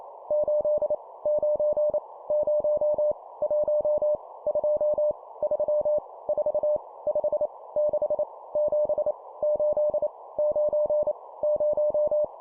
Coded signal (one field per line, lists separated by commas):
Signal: Morse code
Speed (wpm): 28 wpm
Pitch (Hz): 600 Hz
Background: none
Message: 8 9 0 1 2 3 4 5 6 7 8 9 0